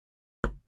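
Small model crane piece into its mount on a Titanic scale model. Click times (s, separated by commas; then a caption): 0.4 s. A small plastic/metal crane part, 130L, is popped into its mounting on a Titanic scale model. After silence, one sharp click lands at 0.4 s and fades out by about 0.6 s. The part is seated in place.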